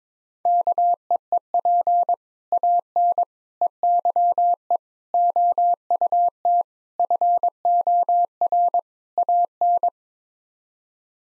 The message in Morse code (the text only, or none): KEEP AN EYE OUT FOR AN